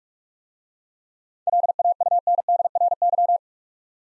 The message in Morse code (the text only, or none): LAUNDRY